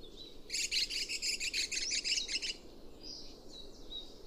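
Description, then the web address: Chestnut-cheeked starling giving a harsh, buzzy rasping call of about two seconds, then a few faint squeaky notes. "komukudori"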